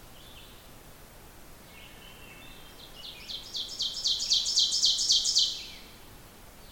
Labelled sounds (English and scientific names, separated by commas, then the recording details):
Ovenbird (Seiurus aurocapilla) song
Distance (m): 15 m
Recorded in boreal forest in Alberta, Canada, on 14 June 2016 at 05:57
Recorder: SongMeter 3, array SBT-3-33
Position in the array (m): 108 m, 8 m
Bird 21